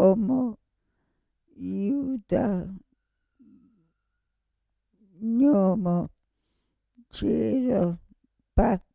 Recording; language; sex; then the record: read list of words; Italian; female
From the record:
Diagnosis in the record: Parkinson's disease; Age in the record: 65 years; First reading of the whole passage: 242 s, 2.1 characters per second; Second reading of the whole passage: 180 s, 2.9 characters per second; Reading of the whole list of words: 168 s, 1.7 characters per second